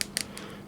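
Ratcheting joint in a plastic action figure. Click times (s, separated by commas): 0.0 s, 0.2 s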